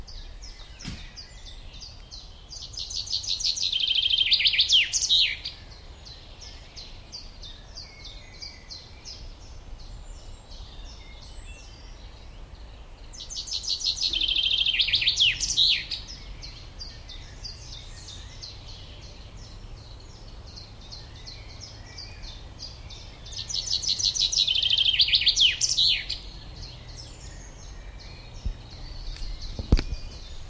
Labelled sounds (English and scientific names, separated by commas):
Common Chaffinch (Fringilla coelebs) song